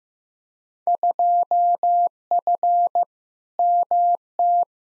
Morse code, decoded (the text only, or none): 2F MT